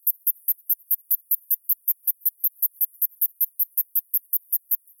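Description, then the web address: Cicada song: a steady series of short, very high-pitched ticking pulses, about four to five each second, with no other sounds. New Zealand cicada species at Runanga, New Zealand. "cicada NZ species Runanga"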